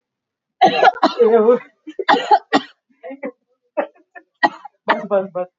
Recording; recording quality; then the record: heavy voluntary cough; moderate, slight background noise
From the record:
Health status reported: COVID-19 positive, no symptoms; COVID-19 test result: positive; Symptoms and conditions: none ticked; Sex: female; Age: 36 years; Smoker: not ticked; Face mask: not worn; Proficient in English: yes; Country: India